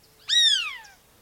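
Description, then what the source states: Crane Hawk giving a single clear whistled call that rises briefly, then slides steadily downward for about two-thirds of a second, on a quiet background. Crane hawk of Central and South America.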